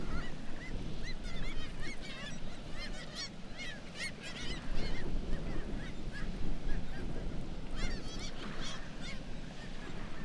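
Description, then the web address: Black-legged kittiwakes in chorus, repeated overlapping wavering cries coming in clustered bursts, backed by a deep constant rumble. "sound Black-legged-kittiwake. صدای-پرنده-کاکایی-پاسیاه"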